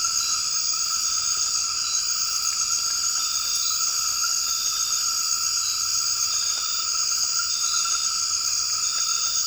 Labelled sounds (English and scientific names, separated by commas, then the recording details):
none
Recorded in dense forest near Puerto Asís, Putumayo, Colombia, on 12 March 2025 at 01:30
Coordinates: 0.485, -76.318
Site G056